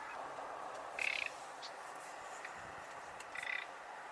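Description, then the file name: Common nightingale giving two short, harsh rattling bursts about two seconds apart over a steady hiss of background noise. "Luscinia megarhynchos"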